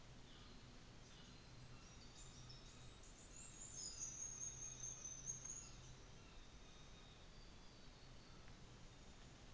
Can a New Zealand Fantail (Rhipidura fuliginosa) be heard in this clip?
yes